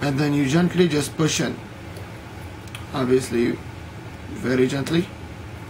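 Someone talks while a microSD card is pushed gently into the card slot of a Samsung Galaxy S5 smartphone, with a low steady hum underneath. The card has not yet clicked or seated in the slot.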